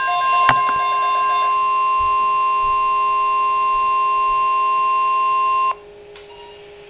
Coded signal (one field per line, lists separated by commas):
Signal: Emergency Alert System (SAME) tones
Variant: 1050 Hz attention tone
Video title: NOAA Weather Radio: Flash Flood Watch (EAS #128)